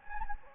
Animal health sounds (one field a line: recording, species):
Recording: mosquito wingbeat signal from an infrared sensor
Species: Anopheles gambiae